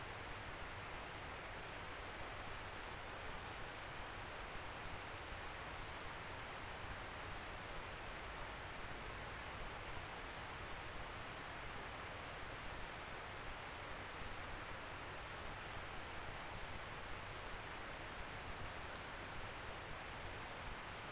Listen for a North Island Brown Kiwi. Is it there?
no